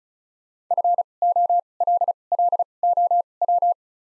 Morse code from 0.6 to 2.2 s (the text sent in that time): F O L